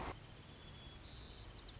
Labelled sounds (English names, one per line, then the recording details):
White-crowned Sparrow
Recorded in Sonoma County, California